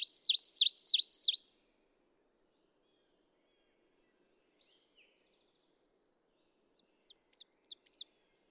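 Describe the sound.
Ovenbird song: a loud closing run of rapid, high, swooping phrases, then near silence with faint scattered notes and a quieter series later.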